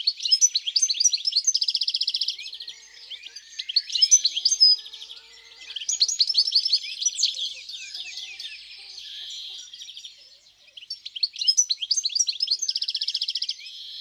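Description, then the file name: European greenfinch song alternating bright twittering runs with steady rattling trills, with short pauses between phrases. In the countryside. "Verdier-d Europe-Chants-doiseaux-dans-la-campagne"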